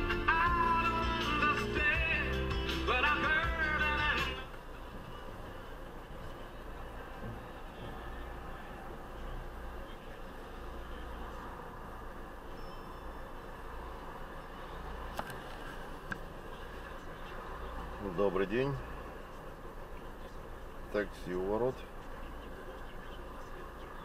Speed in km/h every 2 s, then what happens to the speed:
7, 3, 0, 0, 0, 0, 0, 0, 0, 0, 0, 0.
0-3 slows to 0. 3-24 standing.